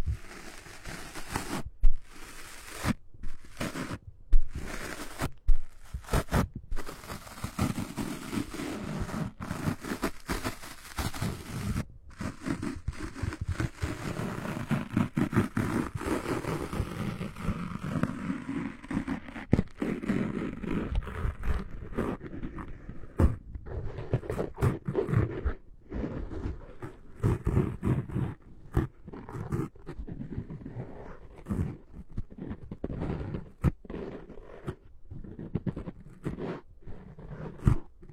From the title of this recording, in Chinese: 麦克风摩擦